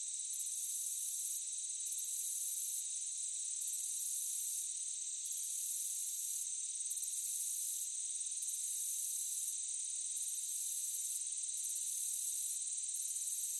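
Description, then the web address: Crickets chirping in a high chorus, pulsed bursts alternating with short gaps over a steady shrill trilling. Meadow ambience. "Blastwave AMBIENCE Meadow Crickets"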